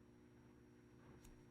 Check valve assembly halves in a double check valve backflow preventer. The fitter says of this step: And locks into place.